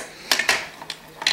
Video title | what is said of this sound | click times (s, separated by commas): Electric Bicycle Batteries | and that locks in place but it's still off and I can take my key with me | 0.3 s